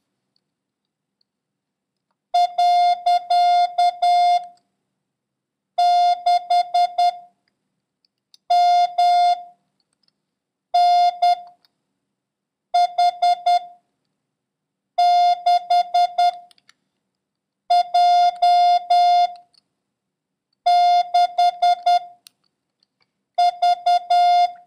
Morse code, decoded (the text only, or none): . 6 M N H 6 J 6 V